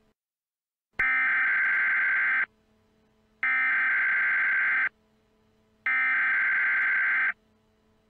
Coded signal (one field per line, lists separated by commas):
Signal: Emergency Alert System (SAME) tones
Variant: header bursts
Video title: EAS- Law Enforcement Warning for McLean County, Illinois